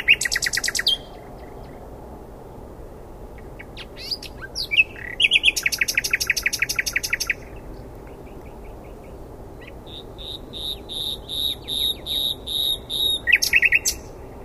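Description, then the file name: Common nightingale song: short trilled bursts and a long rapid rattle, a pause, then a steady run of repeated rich notes growing louder. "Luscinia megarhynchos"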